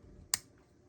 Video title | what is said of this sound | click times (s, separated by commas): WeRCRock Bearly Bulildin | It basically snaps right in. Boom, boom. | 0.3 s